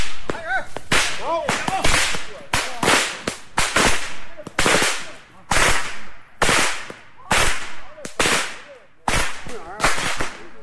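A whip cracks again and again, a dozen or so sharp, loud snaps coming at an uneven pace, each a bright burst that stops abruptly, with brief swishing sounds between them.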